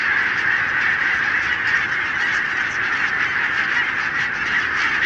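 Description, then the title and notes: Barnacle goose: barnacle geese in a huge flock, a dense, loud roar of overlapping calls with faint individual yelps flickering through. Flock of 20,000 on wintering grounds in winter, Renesse, Netherlands, 12 January 2009; recorded with Nagra LB and Telinga P7. "Renesse - Pays-bas. 20 000 Bernache nonnette ( Branta leucopsis) en Hollande"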